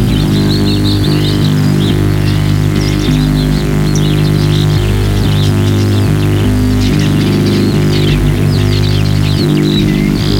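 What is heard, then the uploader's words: Countryside in Franconia, Germany, with a steady low drone like an engine or machine holding level for the full ten seconds. Above it, many small birds chirp and twitter continuously, thin and bright. Made in spring this year in rural franconia, germany. Features a cacophony of birds and countryside sounds. Played back within my little 100hp eurorack system, i created dense layers of synth soundscapes and drones on top of the prominently featured bird songs.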